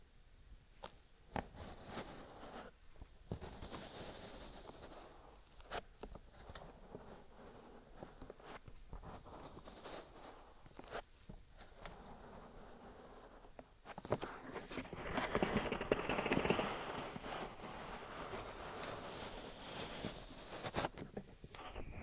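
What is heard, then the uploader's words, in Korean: An ear massage with oil and bare hands: soft, continuous rubbing and slick friction with sharp clicks and swishes scattered throughout. Around fourteen seconds the rubbing grows louder and denser, staying busier and brighter through to the end. ASMR 3dio 귀마사지 오일+맨손 ear massage.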